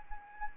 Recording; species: mosquito wingbeat signal from an infrared sensor; Anopheles arabiensis